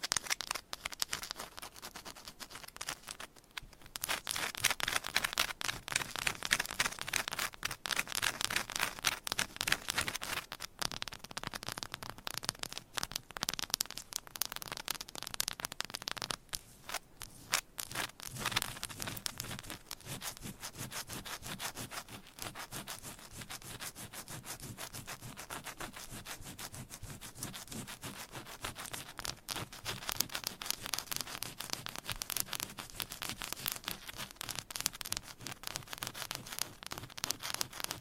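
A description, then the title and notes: Fingernails scratch and tap across textured candles in dense, rapid strokes that run almost without pause for the whole stretch. The scratching is dry and bright, rising and falling in quick bursts, with a few brief gaps near 3 and 17 seconds. Candle Scratching and Tapping Textured Candles - No Talking for Sleep with Long Nails.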